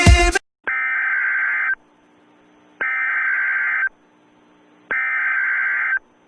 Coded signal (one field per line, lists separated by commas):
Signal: Emergency Alert System (SAME) tones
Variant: header bursts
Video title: SCP X (+ Deejay Greg) (EAS Scenario)